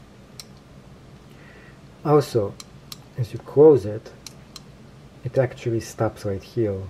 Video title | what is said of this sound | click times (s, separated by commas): Harley Davidson Fire Fighter Issue Knife Review | as you open it up it snaps into place | 0.4 s